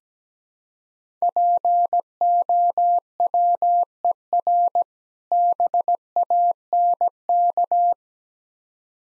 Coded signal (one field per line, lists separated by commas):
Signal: Morse code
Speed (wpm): 17 wpm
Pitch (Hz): 700 Hz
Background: none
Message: POWER BANK